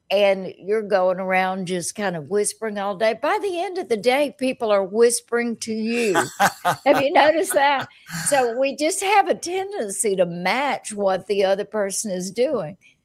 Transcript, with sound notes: and you’re going around just whispering all day, by the end of the day, people are whispering to you! (laughs) Have you noticed that? We just have a tendency to match what the other person is doing.